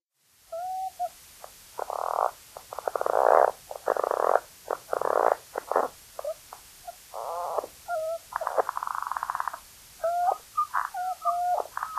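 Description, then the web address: Tarahumara frog calling in a series of short rasping, pulsed croaks, some long and buzzy, others brief clucks, irregularly spaced with quiet gaps between. North America. "Songs of Frogs Toads of North America. Tarahumara Frog"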